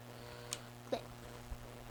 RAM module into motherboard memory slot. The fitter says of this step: it all the way down till it clicks click click here